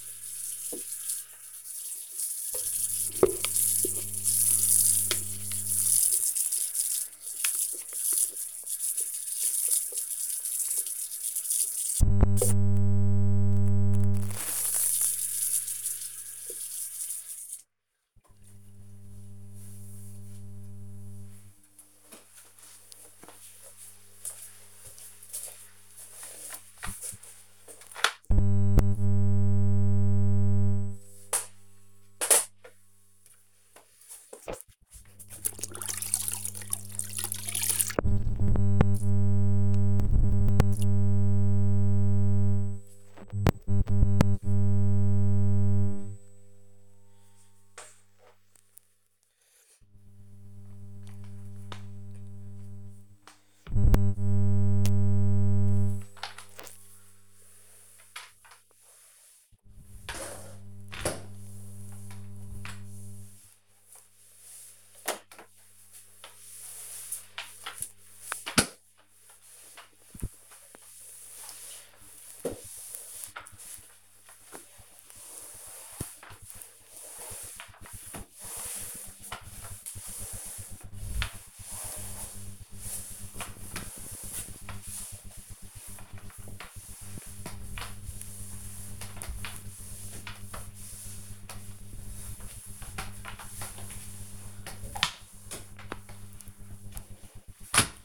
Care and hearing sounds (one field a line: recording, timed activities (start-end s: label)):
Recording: household activities, microphone on the right wrist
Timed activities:
0.00-18.01 s: washing dishes
27.07-98.05 s: floor cleaning